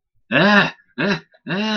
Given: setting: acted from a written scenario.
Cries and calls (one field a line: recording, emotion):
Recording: vocal sound without words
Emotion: fear